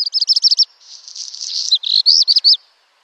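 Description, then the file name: Black redstart song: a quick stuttering burst of high notes, a short scratchy crackling passage, then a jangling run of downslurred whistled notes, all within about three seconds. "Rouge queue noir"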